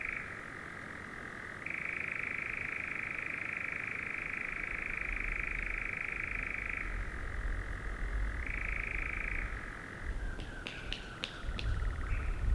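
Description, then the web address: European nightjar churring steadily, shifting between two pitches, with several sharp clicks near the end; low rumbling noise underneath. Recorded 5 June 2016. "fagelljud 20160605-nattskarra"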